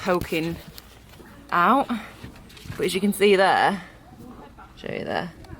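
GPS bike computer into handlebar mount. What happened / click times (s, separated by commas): Handled, not yet home: no seating click heard / none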